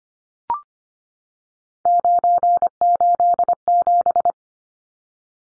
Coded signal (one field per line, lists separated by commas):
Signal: Morse code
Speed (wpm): 25 wpm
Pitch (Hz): 700 Hz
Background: none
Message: 987